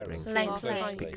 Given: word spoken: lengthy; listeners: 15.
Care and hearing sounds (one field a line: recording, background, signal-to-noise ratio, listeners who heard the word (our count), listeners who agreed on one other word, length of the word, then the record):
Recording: one English word in noise, from a listening test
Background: four-talker babble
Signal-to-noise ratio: 0.7 dB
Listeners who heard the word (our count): 6 of 15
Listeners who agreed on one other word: 8 of 15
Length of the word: 0.77 s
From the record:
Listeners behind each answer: 8, 6, 1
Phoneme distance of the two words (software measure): 7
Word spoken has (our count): 2 syllables, 5 phonemes, stress on syllable 1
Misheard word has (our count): 1 syllable, 4 phonemes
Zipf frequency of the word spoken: 3.49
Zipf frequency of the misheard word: 4.45